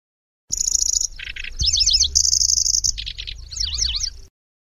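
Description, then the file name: Lanceolated warbler song: high even reeling trills alternate with lower buzzy bursts and quick zigzag whistled notes, a varied phrase lasting almost four seconds. "suara kicauan burung kecici belalang. omkicau"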